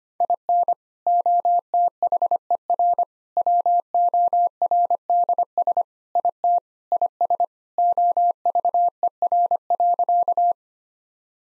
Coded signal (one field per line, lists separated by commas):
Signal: Morse code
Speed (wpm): 25 wpm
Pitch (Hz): 700 Hz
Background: none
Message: IN OTHER WORDS IT IS OVER.